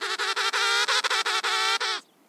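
Penguin braying call: a run of loud, harsh, harmonic notes strung closely together for about two seconds, then ending abruptly.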